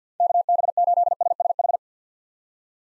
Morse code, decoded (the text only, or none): KB8SSH